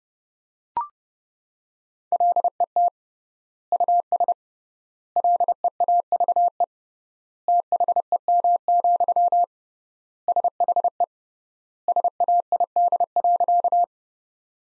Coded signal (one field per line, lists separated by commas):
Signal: Morse code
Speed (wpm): 30 wpm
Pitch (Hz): 700 Hz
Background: none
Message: LET US LEAVE THEM, SHE SAID.